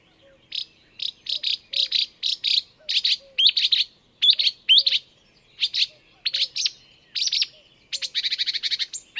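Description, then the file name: Marsh warbler giving rapid bursts of scratchy, chattering high notes, ending in a quick buzzy trill, soft low chirps behind. "enekes nadiposzata hangja"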